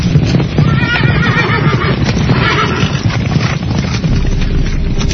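Horses whinny loudly over a steady rumble of galloping hooves, the high wavering neighs rising and falling above continuous clip-clop for the whole stretch.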